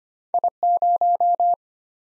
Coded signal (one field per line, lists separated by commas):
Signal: Morse code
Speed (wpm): 25 wpm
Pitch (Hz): 700 Hz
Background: none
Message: I0